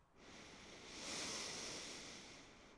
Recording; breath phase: one breath near a microphone; inhalation